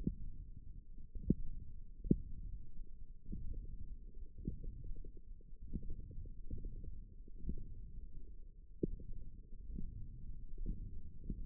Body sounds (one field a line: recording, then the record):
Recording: forearm muscle sounds (acoustic myography)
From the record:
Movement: index flexion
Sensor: system 1, eight BSWA MPA416 microphones around the upper forearm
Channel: 2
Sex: female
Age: 22 years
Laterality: right